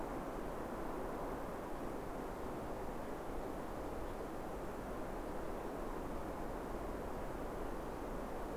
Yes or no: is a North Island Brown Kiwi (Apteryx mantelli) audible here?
no